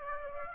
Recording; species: mosquito wingbeat signal from an infrared sensor; Aedes aegypti